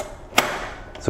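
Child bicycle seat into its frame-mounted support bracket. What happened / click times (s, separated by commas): The child bike seat clipped onto its bracket / 0.4 s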